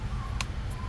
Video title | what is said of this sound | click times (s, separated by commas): Here's why this Oil Pressure Sensor a PITA to Replace. P0520 | Yep. I heard the click. | 0.4 s